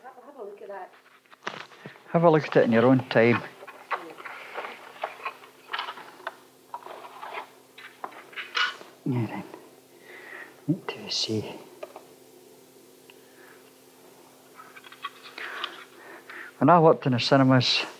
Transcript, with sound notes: have a look at that.
Have a look at it in your own time [rustling 7 seconds] wait until you see-- When I worked in the cinemas,